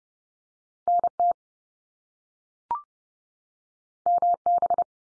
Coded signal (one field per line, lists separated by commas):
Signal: Morse code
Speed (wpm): 30 wpm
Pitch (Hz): 700 Hz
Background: none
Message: NT MB